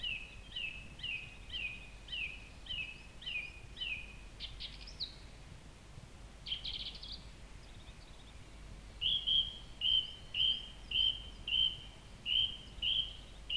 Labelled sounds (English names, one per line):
Song Thrush song